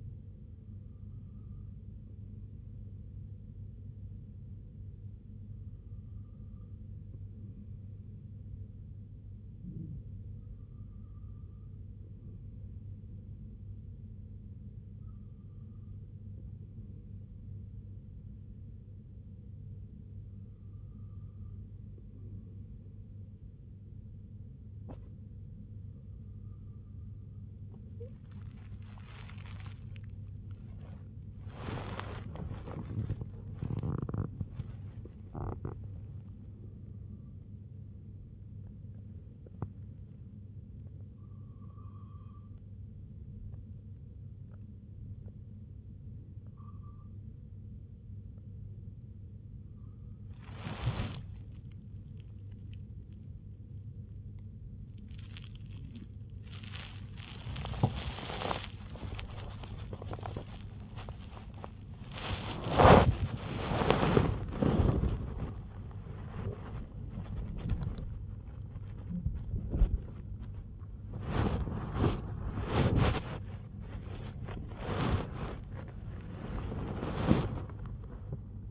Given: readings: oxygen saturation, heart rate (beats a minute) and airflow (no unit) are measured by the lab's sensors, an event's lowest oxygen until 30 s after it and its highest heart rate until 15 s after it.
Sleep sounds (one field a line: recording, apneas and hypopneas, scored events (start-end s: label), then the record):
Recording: breathing in sleep by a smartphone at the bedside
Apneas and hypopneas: 1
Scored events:
16.00-49.80 s: hypopnea (N2, oxygen 97% highest, then 94% lowest, heart rate 64 at the start, 93 highest)
23.00-53.00 s: new sleep stage, N1 (lightest sleep)
53.00-78.71 s: new sleep stage, awake
57.00-78.71 s: awake
From the record:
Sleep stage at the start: N2 (light sleep)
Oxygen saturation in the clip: 94 to 97%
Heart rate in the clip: 59 to 99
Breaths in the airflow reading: 14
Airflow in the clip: -11.9 to 15.4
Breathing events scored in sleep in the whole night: 258 in 7.4 hours asleep